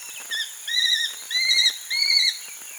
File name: aplomado falcon